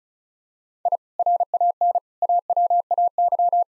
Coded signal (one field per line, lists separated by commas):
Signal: Morse code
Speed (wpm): 36 wpm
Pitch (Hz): 700 Hz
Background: none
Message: I RAN AWAY